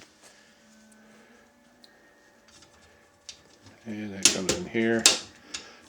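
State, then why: Seated. A plastic wheel clip is brought into position on a dishwasher upper rack and pushed home while someone talks, with small handling taps before it. A single sharp click at 5.6 s marks the wheel clip snapping into place, seated on the rack.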